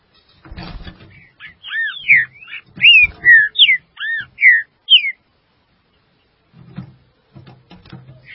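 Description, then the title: Green-winged saltator singing a loud phrase of looping whistled notes, some doubled, over about four seconds, with soft knocks and thumps before and after. "Trinca Ferro"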